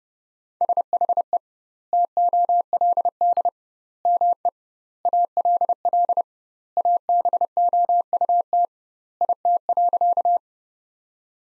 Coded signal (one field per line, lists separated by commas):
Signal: Morse code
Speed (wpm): 30 wpm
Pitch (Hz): 700 Hz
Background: none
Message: SHE TOLD ME ALL ABOUT IT.